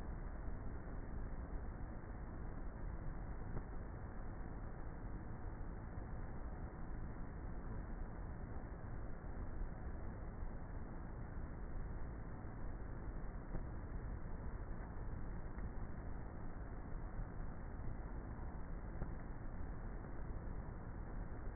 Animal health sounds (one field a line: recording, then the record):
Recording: honeybee colony, microphone inside the hive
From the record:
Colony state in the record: queenless with a low population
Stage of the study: before two queens were removed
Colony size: about 30,000 bees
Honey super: no